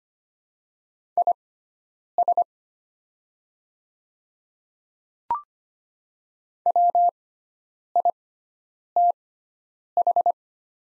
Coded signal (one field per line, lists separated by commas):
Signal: Morse code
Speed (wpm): 25 wpm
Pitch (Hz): 700 Hz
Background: none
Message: IS WITH